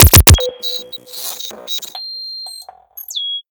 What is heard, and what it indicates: Pacemaker Malfunction.